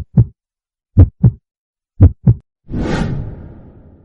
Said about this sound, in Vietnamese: Tiêu Văn đờ tại chỗ, tim đập thình thịch.